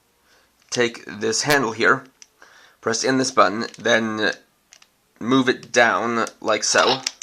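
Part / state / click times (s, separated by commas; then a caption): handle of a transforming toy lamp folding into its locked position / not seated / none. Someone talks while pressing in a button on a plastic MagiLamp toy transformer lamp and moving its handle down toward its locked, folded position. The handle has not yet seated or clicked into place when the clip ends.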